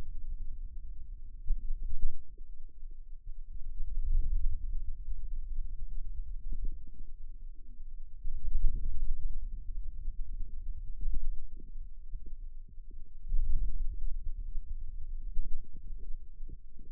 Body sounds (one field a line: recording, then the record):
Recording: forearm muscle sounds (acoustic myography)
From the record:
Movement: ulnar deviation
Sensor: system 2, bracelet of six BSWA MPA416 microphones around the upper forearm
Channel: 6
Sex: male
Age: 22 years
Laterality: right